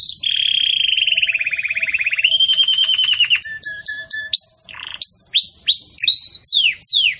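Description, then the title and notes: Belgian canary song opening with buzzy sustained trills that shift pitch, followed by a run of bright rising-and-falling whistled notes at a lively pace. Belgian canary, campainha (bell-like) song style, used for tutoring young chicks in song. "Belíssimo Canto Do Canário Belga Campainha Para Encarte De Filhotes. CANARIO"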